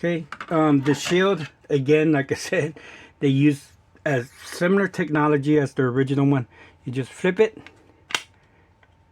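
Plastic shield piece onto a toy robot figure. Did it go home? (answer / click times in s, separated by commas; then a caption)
yes / 8.1 s. Someone talks while flipping the plastic shield piece of a toy transforming robot figure and pressing it into its mount. At 8.2 s there is a sharp, brief snap as the shield seats in place, followed by a much fainter tick.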